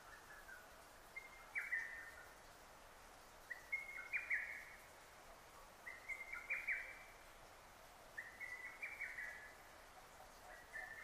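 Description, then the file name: Lesser cuckoo song: repeated chattering phrases of quick, sharp notes, spaced about two and a half seconds apart over a steady hiss. Recorded 6 June 2009. "hototogisu 20090606"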